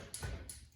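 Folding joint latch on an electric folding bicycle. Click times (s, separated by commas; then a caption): 0.1 s. The metal folding-joint latch on an Ancheer foldable 250-watt lithium electric bicycle is pushed back into place, giving a small, sharp click at 0.1 s. A second short tap follows at 0.5 s, and the joint is locked.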